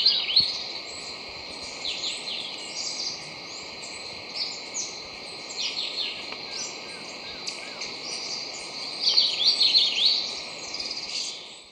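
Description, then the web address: Rufous-naped greenlet song: short, quick chirping notes repeated throughout, with a brighter cluster of twittering near the end, over a steady high drone. Recorded in Ecuador. "Birds of Ecuador. Rufous-Naped Greenlet"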